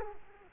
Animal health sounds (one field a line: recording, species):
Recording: mosquito wingbeat signal from an infrared sensor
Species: Culex quinquefasciatus